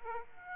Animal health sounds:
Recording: mosquito wingbeat signal from an infrared sensor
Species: Aedes aegypti

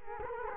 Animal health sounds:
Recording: mosquito wingbeat signal from an infrared sensor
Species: Culex quinquefasciatus

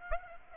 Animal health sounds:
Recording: mosquito wingbeat signal from an infrared sensor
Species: Aedes aegypti

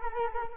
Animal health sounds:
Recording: mosquito wingbeat signal from an infrared sensor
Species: Culex quinquefasciatus

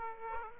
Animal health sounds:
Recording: mosquito wingbeat signal from an infrared sensor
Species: Aedes aegypti

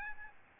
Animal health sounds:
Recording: mosquito wingbeat signal from an infrared sensor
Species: Aedes albopictus

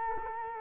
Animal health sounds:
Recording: mosquito wingbeat signal from an infrared sensor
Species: Culex quinquefasciatus

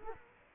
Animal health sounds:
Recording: mosquito wingbeat signal from an infrared sensor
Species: Culex quinquefasciatus

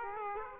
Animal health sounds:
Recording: mosquito wingbeat signal from an infrared sensor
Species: Aedes aegypti

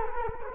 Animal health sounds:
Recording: mosquito wingbeat signal from an infrared sensor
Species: Culex quinquefasciatus

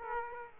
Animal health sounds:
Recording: mosquito wingbeat signal from an infrared sensor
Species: Aedes aegypti

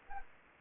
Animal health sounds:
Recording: mosquito wingbeat signal from an infrared sensor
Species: Anopheles arabiensis

